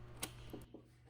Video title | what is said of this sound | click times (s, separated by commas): MP Rotary Axis Electrical Installation Guide | reinstall the cable duct cover by angling it over the fingers on one side and then pressing carefully until it snaps back into place | 0.2 s